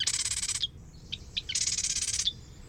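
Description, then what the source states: Marsh Wren song: two rapid, buzzy, rattling trills, each about half a second or more, separated by a short gap with a few brief sharp notes. Male singing alone at dawn in a western marsh in midsummer, staking out territory and attracting mates.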